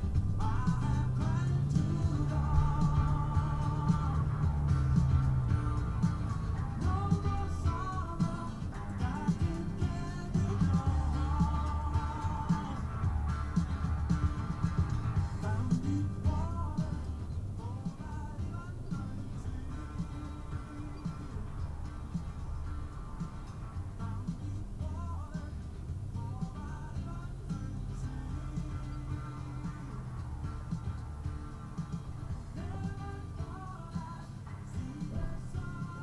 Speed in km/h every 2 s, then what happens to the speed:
16, 24, 26, 24, 23, 21, 15, 21, 21, 21, 19, 15, 10, 8, 6, 2, 2, 0.
0-3 speeds up to 26. 3-12 slows to 15. 12-18 steady at about 21. 18-25 slows to 8. 25-30 steady at about 6. 30-34 standing.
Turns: 7-13, 23-29.